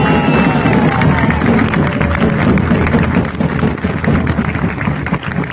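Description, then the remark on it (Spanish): A crowd at a march in Buenos Aires applauds loudly and steadily, answering Juan Grabois's call for strong applause for Vientos de Libertad and the community rehabilitation houses, a dense rush of many hands clapping that holds strong for several seconds with no voices standing out. “Y por eso también están acá y está en la causa de las pibas y pibes de Vientos de Libertad y de las casas comunitarias de rehabilitación, por los que también pido un aplauso fuerte.”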